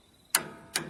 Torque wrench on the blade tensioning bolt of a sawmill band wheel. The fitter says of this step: click. And that's where the blade is set at tension there, at tension there.